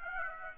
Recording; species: mosquito wingbeat signal from an infrared sensor; Aedes aegypti